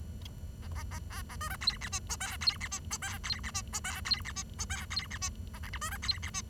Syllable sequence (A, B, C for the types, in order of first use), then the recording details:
A A A B A C D E F G H I E F G H I E F G H I E F G H I E F G A J K C D E F G. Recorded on 23 June 2012 at 10:13. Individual gr41rd51